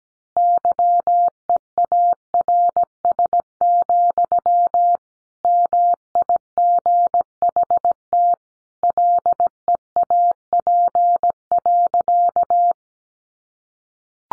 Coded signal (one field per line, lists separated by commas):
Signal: Morse code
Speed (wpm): 17 wpm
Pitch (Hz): 700 Hz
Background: none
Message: YEARS, MIGHT LEAP.